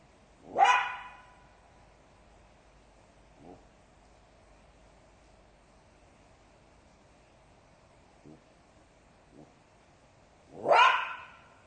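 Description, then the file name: Jackal giving two sharp, yelping barks with ringing tails, about ten seconds apart, with a few faint softer calls between them. "zvuki shakala"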